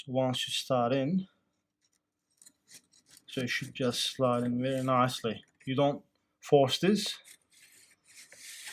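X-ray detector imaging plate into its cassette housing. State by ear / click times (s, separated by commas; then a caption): not seated / none. An x-ray detector imaging plate is slid by hand into its cassette housing, making a soft rubbing, scraping sound between stretches of someone talking. The plate goes in easily without force, and nothing has latched or clicked yet.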